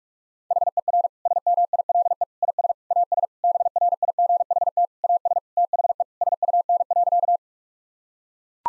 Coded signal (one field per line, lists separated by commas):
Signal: Morse code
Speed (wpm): 42 wpm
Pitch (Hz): 700 Hz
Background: none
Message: HER SMILE IS AS BRIGHT AS THE SUN.